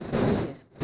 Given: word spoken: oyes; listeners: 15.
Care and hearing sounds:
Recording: one Spanish word in noise, from a listening test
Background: noise modulated by one talker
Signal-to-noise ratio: -7.1 dB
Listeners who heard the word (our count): 1 of 15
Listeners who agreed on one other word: 6 of 15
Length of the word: 0.44 s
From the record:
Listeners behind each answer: 6, 1, 1, 1, 1, 1, 1, 1, 1, 1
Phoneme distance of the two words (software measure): 10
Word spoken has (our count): 2 syllables, 4 phonemes, stress on syllable 1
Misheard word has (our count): 2 syllables, 4 phonemes, stress on syllable 1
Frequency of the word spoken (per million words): 5.25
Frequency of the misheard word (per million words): 0.25

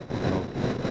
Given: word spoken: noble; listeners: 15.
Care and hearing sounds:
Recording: one Spanish word in noise, from a listening test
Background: noise modulated by three-talker babble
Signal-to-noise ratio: -6.1 dB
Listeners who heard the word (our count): 0 of 15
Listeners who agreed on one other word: 8 of 15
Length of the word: 0.50 s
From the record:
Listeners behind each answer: 8, 2, 1, 1, 1, 1, 1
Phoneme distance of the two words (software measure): 21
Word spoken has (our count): 2 syllables, 5 phonemes, stress on syllable 1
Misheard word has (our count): 1 syllable, 2 phonemes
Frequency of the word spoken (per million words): 19.56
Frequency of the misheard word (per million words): 9606.18

